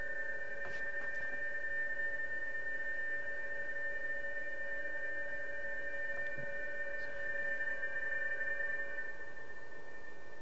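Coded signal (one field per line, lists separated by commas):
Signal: PSK31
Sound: several steady warbling tones held together over faint hiss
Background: radio static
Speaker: so that's what psk31 sounds like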